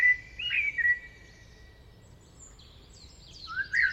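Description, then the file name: Common blackbird song: short, fluty, warbled low phrases at the start and again near the end, with thin, high twittering notes in between over a quiet background. "Turdus merula"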